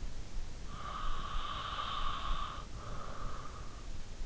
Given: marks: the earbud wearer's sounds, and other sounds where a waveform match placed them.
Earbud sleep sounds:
sounds in sleep by an in-ear microphone; breath
0.18-3.09 s: breath

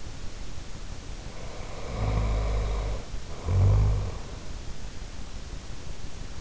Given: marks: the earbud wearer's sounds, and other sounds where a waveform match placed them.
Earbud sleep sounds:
sounds in sleep by an in-ear microphone; snoring breath
1.23-4.22 s: snoring breath

